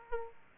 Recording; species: mosquito wingbeat signal from an infrared sensor; Aedes aegypti